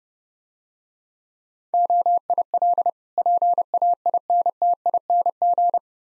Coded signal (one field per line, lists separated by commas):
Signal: Morse code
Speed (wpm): 29 wpm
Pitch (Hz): 700 Hz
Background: none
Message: OIL PAINTING